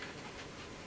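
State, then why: Not seated. The cheek pad on the second side of a Bell Star motorcycle helmet is being pushed forward so its plastic clips will engage the helmet shell. Only a steady, broadband handling rustle is heard, with no sharp transients. Nothing has seated or clicked yet.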